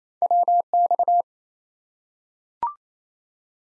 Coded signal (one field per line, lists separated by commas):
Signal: Morse code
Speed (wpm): 28 wpm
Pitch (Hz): 700 Hz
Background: none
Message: WX